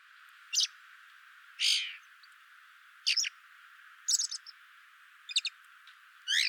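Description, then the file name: Common blackbird calls: sharp, high, clipped notes in short bursts, roughly one each second, with a steady faint hiss between them. "Turdus merula"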